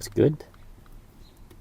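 During reassembly of a BMW i8 gear selector after its indicator LED circuit board was replaced, a gear selector board or housing part is handled and pushed toward place in the shifter assembly. Someone talks briefly near the start, followed by quiet handling with a couple of faint ticks. Nothing has seated or clicked into place yet.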